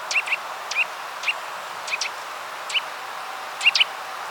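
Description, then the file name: Eurasian nuthatch giving sharp short calls, singles and pairs, fairly faint against steady background noise. "Sitta europaea"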